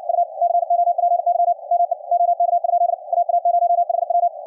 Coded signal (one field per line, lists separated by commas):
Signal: Morse code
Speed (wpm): 63 wpm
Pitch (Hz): 700 Hz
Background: radio noise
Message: U COPY ME OK? AA0HW